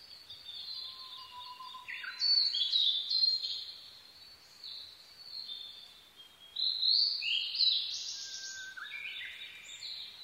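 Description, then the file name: Blue-and-white flycatcher singing clear high warbled phrases in two loud bursts separated by quieter passages. Recorded 22 May 2011 at 04:34. "ooruri 20110522-0434"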